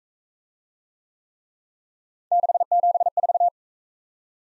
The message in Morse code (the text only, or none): 674